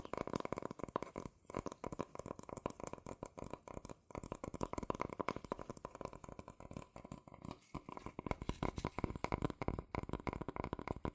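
Rapid tapping, scratching and tracing on cardboard and paper, packed into dense, quick bursts that run almost without pause for the whole eleven seconds. The strokes are crisp and dry, with brief gaps near two, four and eight seconds before the busy rhythm resumes.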